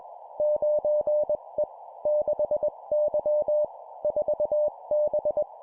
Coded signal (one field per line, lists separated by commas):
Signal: Morse code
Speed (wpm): 21 wpm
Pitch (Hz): 600 Hz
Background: none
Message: 9E 6Y 4B